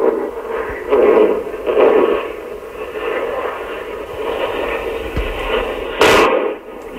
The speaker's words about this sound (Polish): I tutaj ja odtworzę ten dźwięk, który jest nagrany. Słychać łopot takiego spadającego balonu i ten właśnie wybuch.